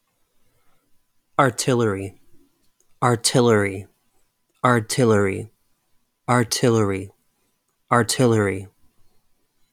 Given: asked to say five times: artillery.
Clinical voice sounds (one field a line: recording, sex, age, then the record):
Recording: repeated word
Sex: male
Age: 30 to 39 years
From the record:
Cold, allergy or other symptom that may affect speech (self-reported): no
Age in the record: 31 years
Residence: Texas, United States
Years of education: 14